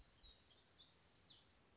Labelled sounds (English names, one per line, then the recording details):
Black-throated Gray Warbler
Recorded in Sonoma County, California